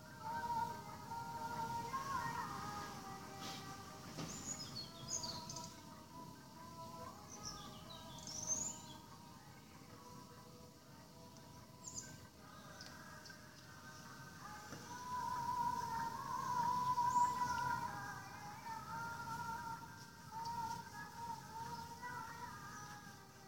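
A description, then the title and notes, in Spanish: Birds sing at dawn outside a window, with clear whistled phrases near the start and again from about 15 to 18 seconds, and brief high chirps scattered throughout. A steady low rumble runs underneath the whole time. Mi ventana - Amancer. Hyderabad - India - January - February 2016.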